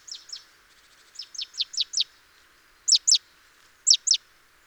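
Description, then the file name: Great tit giving high, falling notes in loose pairs and short runs, with a soft chatter early on and light background hiss. "Parus major"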